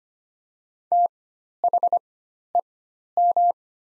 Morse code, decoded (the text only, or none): THEM